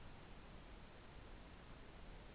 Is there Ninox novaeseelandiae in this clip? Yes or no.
no